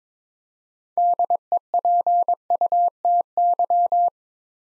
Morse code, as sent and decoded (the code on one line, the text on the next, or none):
-.. . .--. ..- - -.--
DEPUTY